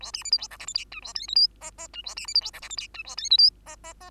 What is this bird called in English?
Bengalese Finch